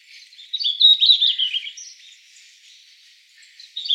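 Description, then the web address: Red-flanked bluetail voicing one quick, high warbled phrase that drops in pitch, followed by soft twitters and the start of another phrase. Recorded on 11 December 2016. "birdenaga ruribitaki S 161211"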